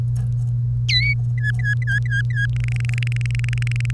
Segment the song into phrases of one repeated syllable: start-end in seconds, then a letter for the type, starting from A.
0.89-1.13 A, 1.37-2.46 B, 2.56-3.91 C